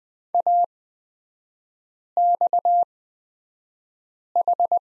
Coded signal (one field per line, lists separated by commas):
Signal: Morse code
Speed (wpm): 20 wpm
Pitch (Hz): 700 Hz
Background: none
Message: AXH